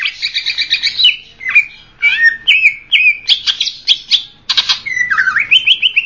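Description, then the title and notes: Greater green leafbird song of quick chattering bursts and slurred whistles, varied, with short gaps between phrases. Local name cucak ijo; described as a champion songbird. "Kicau Burung Cucak Ijo Juara. Suara kicauan burung cucak ijo"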